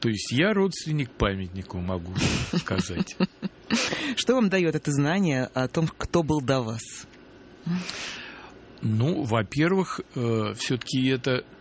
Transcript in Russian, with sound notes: я родственник памятнику, могу сказать. (смеется)
Что Вам дает это знание о том, кто был до Вас?
Ну, во-первых, все-таки это